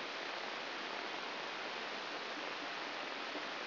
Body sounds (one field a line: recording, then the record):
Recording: brain microelectrode recording played as sound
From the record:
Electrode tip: inside the subthalamic nucleus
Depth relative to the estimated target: 2 mm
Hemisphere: right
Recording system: AlphaMap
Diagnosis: Parkinson's disease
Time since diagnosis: 12 years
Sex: female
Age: 47 years